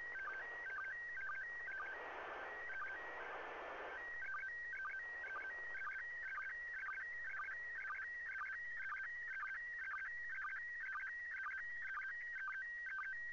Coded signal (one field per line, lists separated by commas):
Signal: SSTV (slow-scan television)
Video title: ISS Pass SSTV Oct 28 2018